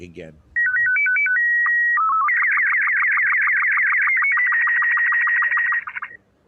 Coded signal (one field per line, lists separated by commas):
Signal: SSTV (slow-scan television)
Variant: Robot 36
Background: speech